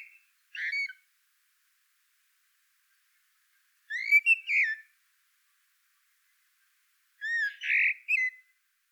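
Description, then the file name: Common blackbird giving three short, soft fluted phrases with brief high squeaks at their ends, separated by quiet gaps of two to three seconds. "Turdus merula"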